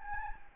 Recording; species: mosquito wingbeat signal from an infrared sensor; Anopheles gambiae